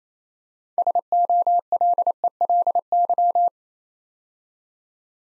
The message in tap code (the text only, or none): none